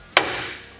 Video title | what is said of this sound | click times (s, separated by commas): Installation - 2021-2026 Ford F-150 Bed Lighting Kit Installation - Starkey Products | on the top edge like so and then the clip is going to snap into place | 0.2 s